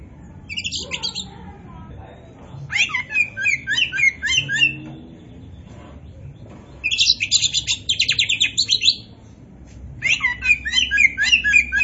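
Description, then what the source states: Oriental magpie-robin singing in several bursts of rapid sweeping, buzzy and whistled notes separated by quiet gaps, over a faint low rumble. Kacer poci form; described as gacor, an Indonesian term for a bird singing actively and constantly.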